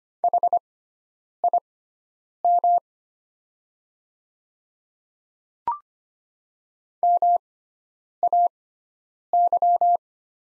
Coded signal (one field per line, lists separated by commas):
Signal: Morse code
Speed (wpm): 25 wpm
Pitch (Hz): 700 Hz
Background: none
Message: HIM MAY